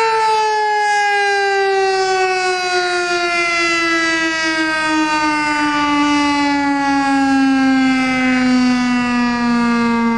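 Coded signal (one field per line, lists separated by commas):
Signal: siren signal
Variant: STH-10 electromechanical siren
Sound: loud mechanical siren tone slowly winding down in pitch for ten seconds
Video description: This is the Monday noon test of our local fire station's siren.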